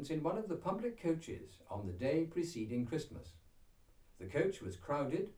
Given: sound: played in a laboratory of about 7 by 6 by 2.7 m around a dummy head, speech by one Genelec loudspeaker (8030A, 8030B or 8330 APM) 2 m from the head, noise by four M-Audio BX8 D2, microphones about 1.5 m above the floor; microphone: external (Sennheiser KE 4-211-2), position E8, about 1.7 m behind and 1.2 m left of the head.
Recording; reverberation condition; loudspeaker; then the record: male speech in English; low; 30 degrees to the left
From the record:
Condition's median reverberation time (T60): about 310 ms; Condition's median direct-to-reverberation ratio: about 3.5 dB